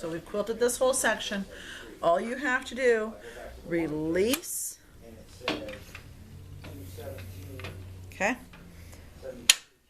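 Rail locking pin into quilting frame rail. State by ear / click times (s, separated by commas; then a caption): seated / 9.5 s. Someone talks while turning the rail of a Babylock Momentum quilting frame until its spring-loaded locking pin drops into its hole. A few faint knocks come beneath the talk, then one sharp, loud click at 9.5 s as the pin pops into place and the rail is locked.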